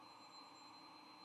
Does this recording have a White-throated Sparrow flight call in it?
no